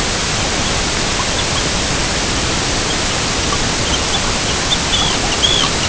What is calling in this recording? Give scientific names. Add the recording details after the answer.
Sterna paradisaea. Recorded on Arctic tundra, site EABA-MC, on 22 June 2019. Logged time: 16:00